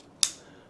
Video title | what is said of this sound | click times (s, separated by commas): Best Vlogging Camera? - DJI Osmo Pocket 3 Creator Combo | make sure you hear the click | 0.2 s